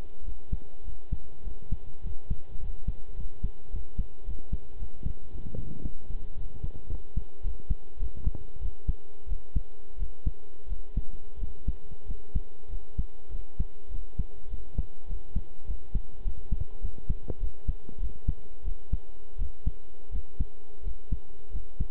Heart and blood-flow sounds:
heart sounds by stethoscope; between the tricuspid and mitral areas; 99 bpm
0.23 s: heartbeat
0.83 s: heartbeat
1.42 s: heartbeat
2.01 s: heartbeat
2.58 s: heartbeat
3.14 s: heartbeat
3.69 s: heartbeat
4.24 s: heartbeat
4.77 s: heartbeat
5.30 s: heartbeat
5.82 s: heartbeat
6.35 s: heartbeat
6.88 s: heartbeat
7.42 s: heartbeat
7.98 s: heartbeat
8.60 s: heartbeat
9.27 s: heartbeat
9.97 s: heartbeat
10.67 s: heartbeat
11.38 s: heartbeat
12.05 s: heartbeat
12.68 s: heartbeat
13.30 s: heartbeat
13.89 s: heartbeat
14.49 s: heartbeat
15.06 s: heartbeat
15.65 s: heartbeat
16.22 s: heartbeat
16.80 s: heartbeat
17.39 s: heartbeat
17.98 s: heartbeat
18.63 s: heartbeat
19.37 s: heartbeat
20.10 s: heartbeat
20.82 s: heartbeat
21.50 s: heartbeat
From the record:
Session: pedaling a stationary bicycle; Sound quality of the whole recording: good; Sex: male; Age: 23 years

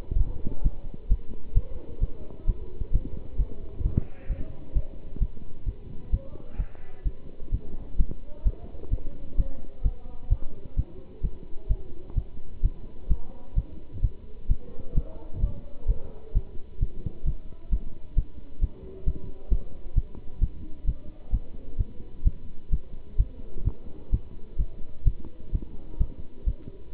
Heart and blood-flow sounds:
heart sounds by stethoscope; between the tricuspid and mitral areas; 130 bpm
0.17 s: heartbeat
0.62 s: heartbeat
1.08 s: heartbeat
1.54 s: heartbeat
2.00 s: heartbeat
2.46 s: heartbeat
2.91 s: heartbeat
3.36 s: heartbeat
3.82 s: heartbeat
4.28 s: heartbeat
4.73 s: heartbeat
5.19 s: heartbeat
5.65 s: heartbeat
6.10 s: heartbeat
6.56 s: heartbeat
7.03 s: heartbeat
7.51 s: heartbeat
7.97 s: heartbeat
8.43 s: heartbeat
8.90 s: heartbeat
9.36 s: heartbeat
9.82 s: heartbeat
10.29 s: heartbeat
10.75 s: heartbeat
11.21 s: heartbeat
11.68 s: heartbeat
12.14 s: heartbeat
12.61 s: heartbeat
13.08 s: heartbeat
13.54 s: heartbeat
14.01 s: heartbeat
14.47 s: heartbeat
14.94 s: heartbeat
15.40 s: heartbeat
15.86 s: heartbeat
16.33 s: heartbeat
16.79 s: heartbeat
17.24 s: heartbeat
17.70 s: heartbeat
18.15 s: heartbeat
18.60 s: heartbeat
19.04 s: heartbeat
19.49 s: heartbeat
19.94 s: heartbeat
20.40 s: heartbeat
20.85 s: heartbeat
21.31 s: heartbeat
21.77 s: heartbeat
22.23 s: heartbeat
22.70 s: heartbeat
23.17 s: heartbeat
23.64 s: heartbeat
24.10 s: heartbeat
24.57 s: heartbeat
25.04 s: heartbeat
25.51 s: heartbeat
25.98 s: heartbeat
26.44 s: heartbeat
26.92 s: heartbeat
From the record:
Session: pedaling a stationary bicycle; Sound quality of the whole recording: good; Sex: male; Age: 27 years

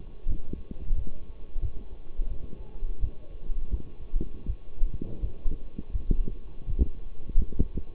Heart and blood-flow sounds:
heart sounds by stethoscope; between the tricuspid and mitral areas; 85 bpm
0.27 s: heartbeat
0.94 s: heartbeat
1.61 s: heartbeat
2.29 s: heartbeat
3.00 s: heartbeat
3.71 s: heartbeat
4.46 s: heartbeat
5.21 s: heartbeat
5.93 s: heartbeat
6.66 s: heartbeat
7.35 s: heartbeat
From the record:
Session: walking at 3.7 km/h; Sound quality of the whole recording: partially saturated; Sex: male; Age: 24 years

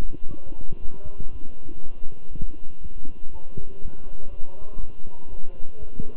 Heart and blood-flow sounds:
heart sounds by stethoscope; between the tricuspid and mitral areas; 120 bpm
0.29 s: heartbeat
0.80 s: heartbeat
1.31 s: heartbeat
1.81 s: heartbeat
2.31 s: heartbeat
2.81 s: heartbeat
3.31 s: heartbeat
3.81 s: heartbeat
4.30 s: heartbeat
4.79 s: heartbeat
5.29 s: heartbeat
5.78 s: heartbeat
From the record:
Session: walking at 3.7 km/h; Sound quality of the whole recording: good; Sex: male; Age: 23 years

